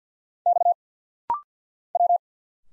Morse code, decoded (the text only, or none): X W